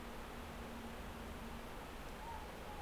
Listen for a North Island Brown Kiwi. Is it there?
no